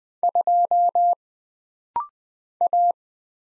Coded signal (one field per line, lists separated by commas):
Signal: Morse code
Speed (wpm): 20 wpm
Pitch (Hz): 700 Hz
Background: none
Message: 2 A